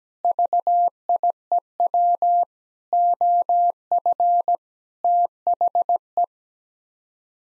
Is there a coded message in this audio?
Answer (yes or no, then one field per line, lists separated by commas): yes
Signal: Morse code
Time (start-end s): 0.2-6.2 s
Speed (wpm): 17 wpm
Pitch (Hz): 700 Hz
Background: none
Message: VIEW OF THE